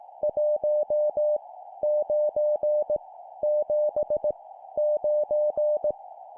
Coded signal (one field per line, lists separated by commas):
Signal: Morse code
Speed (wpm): 18 wpm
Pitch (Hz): 600 Hz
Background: none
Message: 1 9 7 9